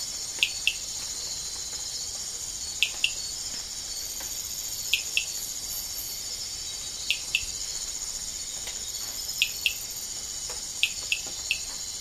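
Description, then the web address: Amazonian rain frog calling with short, sharp chirps, mostly in quick pairs about every two seconds, over a steady high insect hiss. Recorded in the Ecuadorian Amazon. "Frogs of Ecuadorian Amazon Eleutherodactylus altamazonicus"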